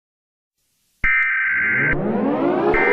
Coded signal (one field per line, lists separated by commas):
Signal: Emergency Alert System (SAME) tones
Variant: header bursts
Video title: Eas scenario - Evil Barney Invasion (LIPRA SEVEN RE-UPLOAD)